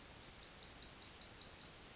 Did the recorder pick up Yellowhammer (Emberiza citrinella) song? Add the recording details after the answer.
yes. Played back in forest. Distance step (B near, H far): E. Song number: 053